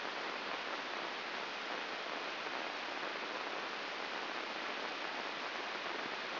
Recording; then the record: brain microelectrode recording played as sound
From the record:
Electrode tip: inside the subthalamic nucleus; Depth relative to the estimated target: 1 mm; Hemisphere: left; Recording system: AlphaMap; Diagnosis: Parkinson's disease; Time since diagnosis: 19 years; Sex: male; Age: 59 years